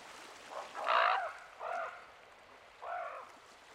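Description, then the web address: Common raven uttering three deep, gravelly croaks, the first loudest and longest, the others shorter and softer. "Dan Gibson's Solitudes Nature Trails. Common Raven"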